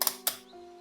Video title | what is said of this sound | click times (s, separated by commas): Technical Deep Dive - Wooden PC Drawer 2.0 | push the front and it clicks in place | 0.0 s, 0.3 s